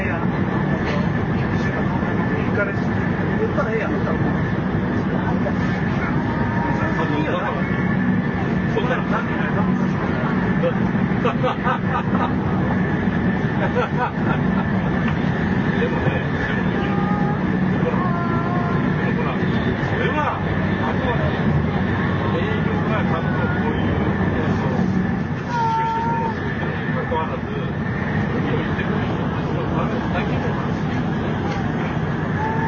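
Inside a 700 series bullet train, a constant low rumble and rushing hum fill the cabin at a steady level for the whole stretch. Passengers' voices murmur in the background, with a few faint brighter squeaks and clicks scattered throughout.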